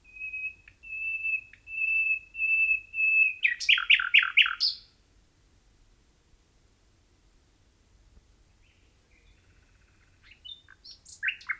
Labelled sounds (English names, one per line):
Common Nightingale song